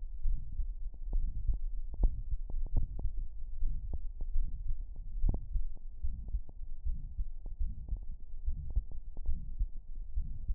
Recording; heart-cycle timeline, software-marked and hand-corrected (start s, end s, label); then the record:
heart sounds
0.00	0.24	diastole
0.24	0.38	S1
0.38	0.56	systole
0.56	0.68	S2
0.68	1.12	diastole
1.12	1.30	S1
1.30	1.46	systole
1.46	1.60	S2
1.60	1.98	diastole
1.98	2.12	S1
2.12	2.30	systole
2.30	2.38	S2
2.38	2.74	diastole
2.74	2.88	S1
2.88	3.02	systole
3.02	3.12	S2
3.12	3.62	diastole
3.62	3.76	S1
3.76	3.90	systole
3.90	4.00	S2
4.00	4.36	diastole
4.36	4.50	S1
4.50	4.66	systole
4.66	4.76	S2
4.76	5.20	diastole
5.20	5.36	S1
5.36	5.54	systole
5.54	5.66	S2
5.66	6.04	diastole
6.04	6.14	S1
6.14	6.32	systole
6.32	6.42	S2
6.42	6.86	diastole
6.86	6.96	S1
6.96	7.16	systole
7.16	7.26	S2
7.26	7.60	diastole
7.60	7.72	S1
7.72	7.90	systole
7.90	8.00	S2
8.00	8.46	diastole
8.46	8.58	S1
8.58	8.74	systole
8.74	8.84	S2
8.84	9.28	diastole
9.28	9.40	S1
9.40	9.58	systole
9.58	9.68	S2
9.68	10.18	diastole
10.18	10.30	S1
10.30	10.50	systole
10.50	10.55	S2
From the record:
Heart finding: aortic stenosis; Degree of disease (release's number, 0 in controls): 2 to 3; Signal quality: good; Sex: female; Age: 80 years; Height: 1.56 m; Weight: 84 kg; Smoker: yes